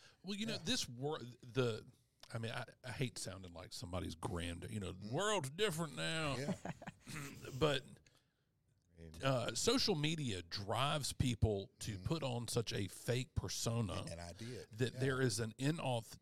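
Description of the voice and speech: Fluent, conversational adult male speech at a medium-low pitch, with natural pauses and ordinary voice quality.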